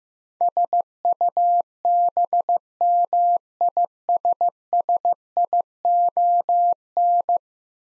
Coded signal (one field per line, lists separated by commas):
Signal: Morse code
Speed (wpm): 15 wpm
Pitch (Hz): 700 Hz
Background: none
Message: SUBMISSION